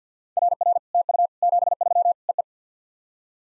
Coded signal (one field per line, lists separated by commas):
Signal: Morse code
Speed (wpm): 48 wpm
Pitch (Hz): 700 Hz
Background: none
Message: RR TU 73 EE